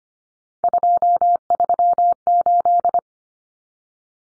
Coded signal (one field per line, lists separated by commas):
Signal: Morse code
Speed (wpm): 25 wpm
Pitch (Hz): 700 Hz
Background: none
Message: 238